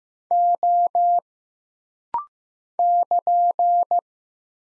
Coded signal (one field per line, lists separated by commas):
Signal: Morse code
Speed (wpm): 15 wpm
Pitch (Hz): 700 Hz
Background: none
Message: O <KN>